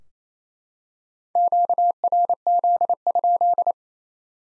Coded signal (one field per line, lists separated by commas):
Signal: Morse code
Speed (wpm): 28 wpm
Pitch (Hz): 700 Hz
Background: none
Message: QRZ?